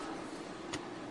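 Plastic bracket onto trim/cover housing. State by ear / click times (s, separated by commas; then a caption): not seated / none. A plastic bracket is handled and fitted from the top onto a trim or cover housing, with steady broadband background noise and a brief, slightly louder broadband rustle around 0.7 s. Nothing has seated or clicked yet.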